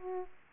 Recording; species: mosquito wingbeat signal from an infrared sensor; Aedes aegypti